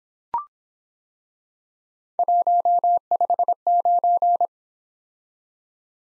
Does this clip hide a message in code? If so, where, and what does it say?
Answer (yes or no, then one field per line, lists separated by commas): yes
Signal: Morse code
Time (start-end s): 2.2-4.5 s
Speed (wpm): 25 wpm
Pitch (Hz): 700 Hz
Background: none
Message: 159